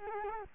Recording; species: mosquito wingbeat signal from an infrared sensor; Culex quinquefasciatus